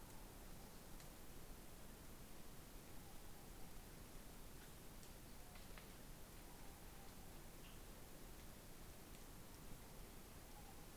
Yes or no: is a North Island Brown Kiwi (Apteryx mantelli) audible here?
no